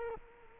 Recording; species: mosquito wingbeat signal from an infrared sensor; Culex quinquefasciatus